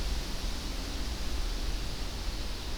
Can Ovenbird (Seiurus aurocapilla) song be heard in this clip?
no